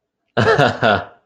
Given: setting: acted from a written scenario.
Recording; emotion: vocal sound without words; amusement